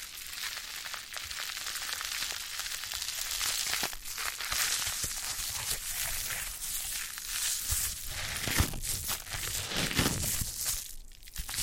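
Foam being rubbed and squeezed gives a dense, crackling hiss that runs the whole twelve seconds, bright and fizzing like sizzling or crinkling. Brief rubbing strokes and soft squeaks pop out irregularly, with a few fuller, lower swipes around eight and ten seconds.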